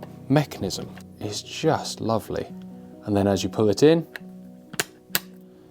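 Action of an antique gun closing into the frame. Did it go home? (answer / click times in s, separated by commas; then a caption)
yes / 5.1 s. Someone talks over background music while the action of an engraved antique gun with rebounding hammers, one that may need work before being shot, is pulled closed into the frame. A faint tick comes at 4.8 s, then the action locks shut with a small, sharp click at 5.2 s, leaving the gun seated and ready.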